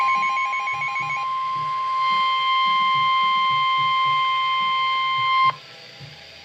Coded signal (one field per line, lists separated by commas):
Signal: Emergency Alert System (SAME) tones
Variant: 1050 Hz attention tone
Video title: Special Marine Warning (EAS#102)